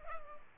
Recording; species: mosquito wingbeat signal from an infrared sensor; Culex pipiens